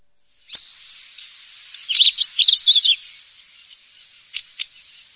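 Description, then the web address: Bird calls: a high sharp note, then a quick burst of squeaky chirps, followed by scattered thin ticks fading out. Higashiosaka, Japan. "higashiosaka bird koe"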